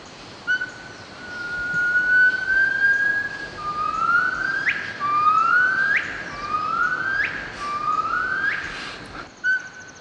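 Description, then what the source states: Crested gibbon male song: a long level whistled note, then four rising upswept whistles that each end in a sharp upward flick, over steady background hiss. Male song of a newly discovered crested gibbon species, played from the discoverer's recording; said to have more notes and more verses than the northern white-cheeked gibbon.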